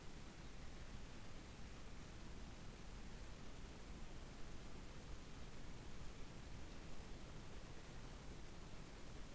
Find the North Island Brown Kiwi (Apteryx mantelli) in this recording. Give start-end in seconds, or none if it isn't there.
none